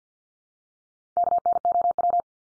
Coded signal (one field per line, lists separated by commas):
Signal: Morse code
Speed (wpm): 48 wpm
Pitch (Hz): 700 Hz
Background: none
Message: KNOW